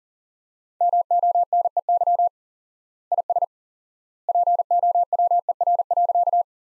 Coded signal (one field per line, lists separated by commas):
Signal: Morse code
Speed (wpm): 40 wpm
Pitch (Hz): 700 Hz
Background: none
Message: MONEY IS POWER.